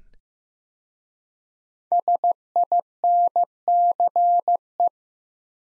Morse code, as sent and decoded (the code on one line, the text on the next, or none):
... .. -. -.-. .
SINCE